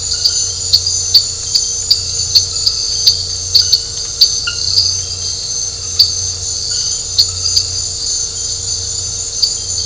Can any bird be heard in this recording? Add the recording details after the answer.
no. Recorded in dense forest near Puerto Asís, Putumayo, Colombia, on 13 March 2025 at 23:30. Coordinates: 0.468, -76.322. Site GP01